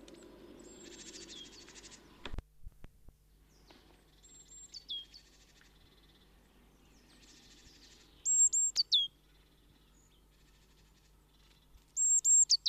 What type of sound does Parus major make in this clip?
call